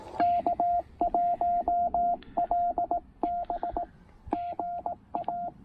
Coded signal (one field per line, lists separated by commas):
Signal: Morse code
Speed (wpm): 18 wpm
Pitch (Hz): 690 Hz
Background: radio noise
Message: K1LB GA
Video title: Pairing the Penntek TR-45L and Chelegance MC-750 for a super short POTA activation!